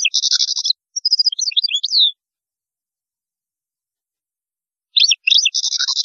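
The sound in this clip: European goldfinch song: bursts of rapid, tinkling high notes with a buzzy trill, one phrase at the start and another after a long silence.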